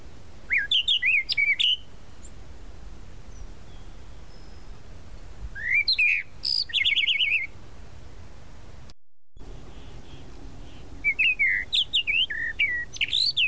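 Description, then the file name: Tropical mockingbird singing in separate bursts of clear, varied whistled phrases, some rising and falling sharply, with pauses of several seconds between them. "Canto-do-Sabiá-da-Praia"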